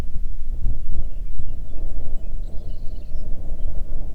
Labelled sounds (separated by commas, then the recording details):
songbird, wind
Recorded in the Arctic National Wildlife Refuge, Alaska, on 3 June 2019 at 04:39
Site 37